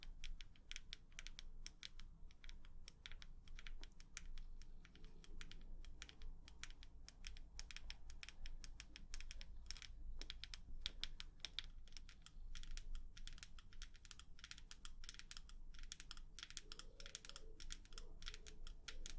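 Quick, irregular tapping, like fingers on a keyboard, continues densely for the whole stretch, over a steady low hum and faint murmuring.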